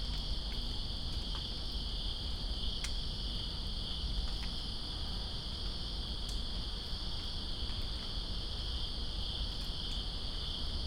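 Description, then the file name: Cricket: steady high-pitched trilling of crickets blends with falling rain; a few loud drips click now and then. Crickets recorded in Greensboro on September 2, 2017, during rain. "Greensboro Crickets And Rain September 02 2017"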